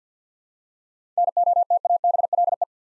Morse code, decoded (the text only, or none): NOTABLE